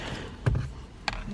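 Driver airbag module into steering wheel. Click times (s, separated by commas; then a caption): 1.1 s. The driver airbag module is pressed into the steering wheel of a 2012-2017 Toyota Camry XV50 during a cruise control replacement, until its retaining clips at the bottom catch. A dull low knock is heard around 0.5 s, then a sharp click at 1.1 s as the module seats.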